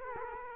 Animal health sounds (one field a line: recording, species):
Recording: mosquito wingbeat signal from an infrared sensor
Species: Culex quinquefasciatus